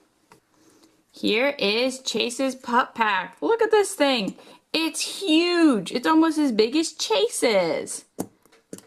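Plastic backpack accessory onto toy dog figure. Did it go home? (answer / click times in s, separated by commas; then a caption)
yes / 8.7 s, 8.8 s. Someone talks while a plastic backpack accessory is pushed onto the back of a plastic toy dog figure. Sharp clicks at 8.7 s and 8.8 s mark the backpack snapping in, and it is seated.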